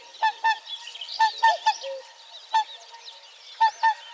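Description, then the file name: Whooper swans trumpeting: loud honks, some in pairs, over a soft chatter of other calls. "Pticy Rossii - Lebed-klikun Cygnus cygnus"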